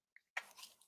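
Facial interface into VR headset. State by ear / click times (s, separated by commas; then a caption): seated / 0.4 s. A replacement facial interface is pressed onto an Oculus Quest 2 VR headset and snaps into place. A faint tick at 0.2 s is followed by the sharp seating click at 0.4 s, then a brief rustle and a soft tick near 0.8 s. The interface is seated.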